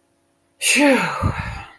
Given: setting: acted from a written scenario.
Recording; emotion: vocal sound without words; relief